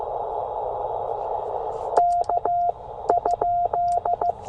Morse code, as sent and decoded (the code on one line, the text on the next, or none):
-.- ..--..
K?